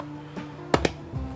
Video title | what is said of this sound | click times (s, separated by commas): Replacing Leather in BMW 3 Series (Short Version) | satisfying click slide that down the hole | 0.7 s